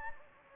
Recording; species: mosquito wingbeat signal from an infrared sensor; Anopheles gambiae